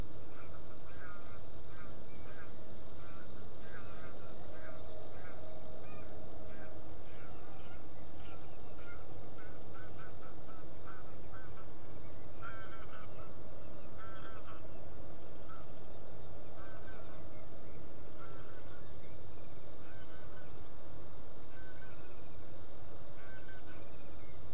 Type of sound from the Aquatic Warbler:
song